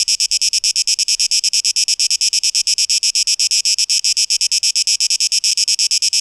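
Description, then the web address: Cicada buzz broken into crisp, evenly spaced high pulses, steady and loud throughout. 12 August 2023. "rauschpartikel Audio 2023-08-12 Zikaden"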